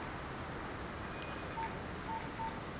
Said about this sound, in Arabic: أنا عايزك تعيش مع الآيات فشوف التليفون ده تخليه صامت.